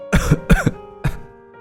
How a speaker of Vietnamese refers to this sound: Bà nói rồi ho lên dữ dội.